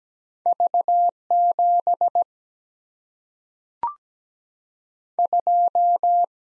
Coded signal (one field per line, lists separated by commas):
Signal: Morse code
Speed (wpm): 17 wpm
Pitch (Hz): 700 Hz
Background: none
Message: V 7 2